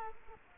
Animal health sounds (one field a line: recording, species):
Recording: mosquito wingbeat signal from an infrared sensor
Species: Culex quinquefasciatus